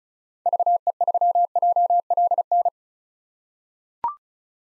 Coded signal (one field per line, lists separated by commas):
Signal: Morse code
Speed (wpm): 36 wpm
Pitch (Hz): 700 Hz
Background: none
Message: VE3JLN